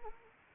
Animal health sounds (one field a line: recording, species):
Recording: mosquito wingbeat signal from an infrared sensor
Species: Anopheles arabiensis